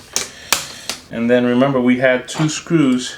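A plastic screen bezel is pressed into a Toshiba Satellite laptop's display lid, working around the edge clip by clip. Three sharp clicks at 0.2 s, 0.5 s and 0.9 s mark the clips snapping into place, and the bezel is seated. Then someone talks.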